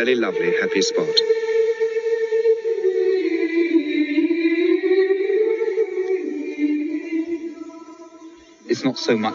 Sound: fade chanting